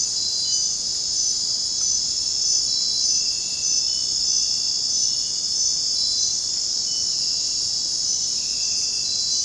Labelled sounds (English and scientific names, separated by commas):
none